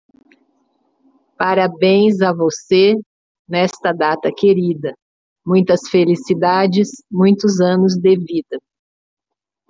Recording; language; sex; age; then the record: short text; Brazilian Portuguese; female; 50 to 59 years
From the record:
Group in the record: control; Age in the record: 57 years